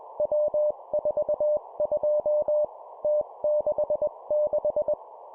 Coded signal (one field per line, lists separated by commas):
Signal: Morse code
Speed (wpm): 21 wpm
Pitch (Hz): 600 Hz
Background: none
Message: W42 T66